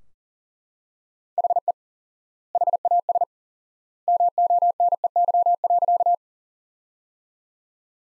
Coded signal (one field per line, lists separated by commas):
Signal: Morse code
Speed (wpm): 40 wpm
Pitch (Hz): 700 Hz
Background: none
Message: HE HAS MONEY.